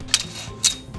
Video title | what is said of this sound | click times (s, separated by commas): Mabéo Direct présente les plates-formes télescopiques Sherpascopic de Tubesca | assurez-vous bien du blocage des clips vous devez entendre le verrouillage | 0.1 s